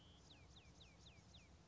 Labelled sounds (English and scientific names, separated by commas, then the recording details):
Bewick's Wren (Thryomanes bewickii)
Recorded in Sonoma County, California